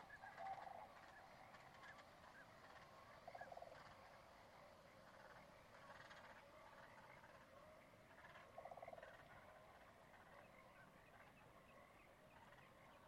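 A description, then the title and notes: A steady trickle of water runs beneath a dense chorus of waterfowl and other birds at a wetland. Honking, goose-like calls stand out near the start, around three and a half seconds, and again near nine seconds, with fainter chatter filling the gaps. Dusk falls on my second night at Conboy Lake National Wildlife Refuge in Glenwood, WA. This time of year the sound of trickling water is omnipresent as the shallow valley fills with still water. Many different kinds of waterfowl, songbirds, and cranes.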